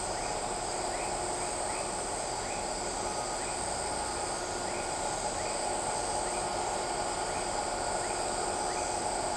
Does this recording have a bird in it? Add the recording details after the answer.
no. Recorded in shrubland near Pivijay, Magdalena, Colombia, on 14 April 2023 at 19:30. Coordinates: 10.453, -74.365. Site P5-G022